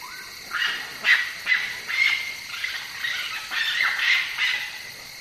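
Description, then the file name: Northern raccoon chittering: a run of harsh, squealing chitters in short repeated bursts. "northern raccoon chittering lang elliott"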